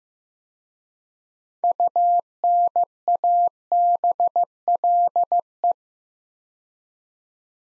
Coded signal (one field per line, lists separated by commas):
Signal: Morse code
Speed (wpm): 15 wpm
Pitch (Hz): 700 Hz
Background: none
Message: UNABLE